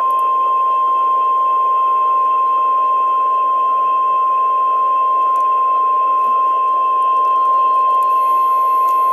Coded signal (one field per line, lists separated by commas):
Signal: Emergency Alert System (SAME) tones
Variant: 1050 Hz attention tone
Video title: NOAA Weather Radio - EAS #146: Severe Thunderstorm Warning (4/13/2012)